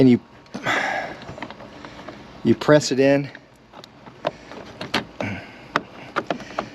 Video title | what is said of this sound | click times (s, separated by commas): How to Clean the Drain Filters on a 124 Spider or MX-5 ND | So you hear a click. You have to hear it click. I heard a click. There's Hear it click, it's in. | 5.8 s